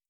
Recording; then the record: hydrophone in a shrimp aquaculture tank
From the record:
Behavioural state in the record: starved